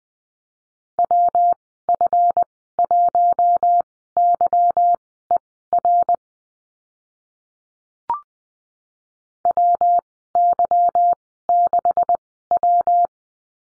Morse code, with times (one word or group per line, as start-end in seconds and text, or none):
1.0-6.2 WF1YER
9.5-13.1 WY6W